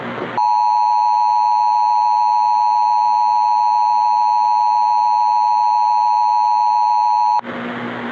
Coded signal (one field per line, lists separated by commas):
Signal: Emergency Alert System (SAME) tones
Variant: 853 and 960 Hz attention tone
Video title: [EAS SCENARIO] AROMA